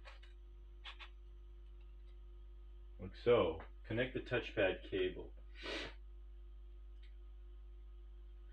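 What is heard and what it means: On a Framework 13 laptop DIY edition, the touchpad cable connector is handled and lined up toward the main board socket but not yet pushed home, so nothing has seated or clicked yet. A few faint, soft handling ticks sound early on over a steady low background hum, and then someone talks.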